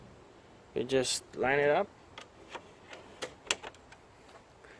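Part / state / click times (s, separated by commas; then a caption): plastic grille stripe clip onto kidney grille slat / seated / 3.5 s. Someone talks while lining up the last plastic stripe clip on a BMW kidney grille slat, set the same way as the previous clip. Faint ticks follow as it is pushed in, then a sharp click at 3.5 s as the clip seats home.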